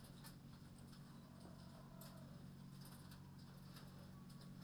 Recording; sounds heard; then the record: poultry house recording; healthy chickens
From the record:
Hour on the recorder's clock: 21